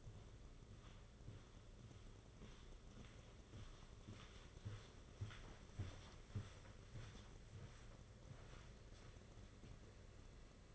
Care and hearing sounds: daily activity, microphone in the room; walk to room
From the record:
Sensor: 4

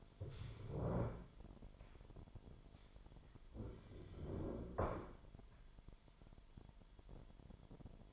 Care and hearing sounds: daily activity, microphone in the room; stand up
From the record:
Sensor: 5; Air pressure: 998.7 hPa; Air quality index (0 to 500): 93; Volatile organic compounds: 2 ppm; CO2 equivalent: 1072 ppm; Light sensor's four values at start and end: 32/77/32/36 and 32/77/32/36

